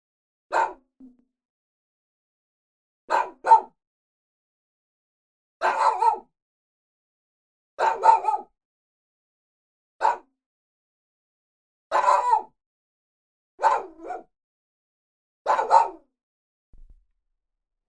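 Dog barking in single and doubled barks, repeated roughly every two seconds with quiet gaps between.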